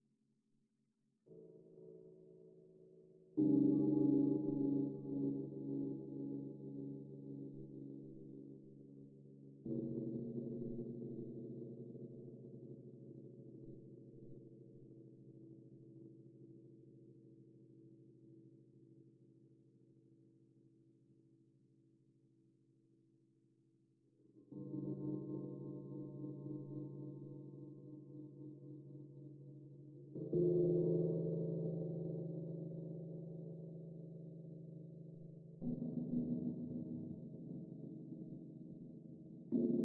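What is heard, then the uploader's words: Gongs are struck one after another, each stroke blooming into a low, shimmering tone that slowly fades. Strikes land near 1, 3, 10, 24, 30 and 36 seconds, the long ring after the 10-second hit decaying for nearly fifteen seconds before the next. Meditation Five Celestial Gongs.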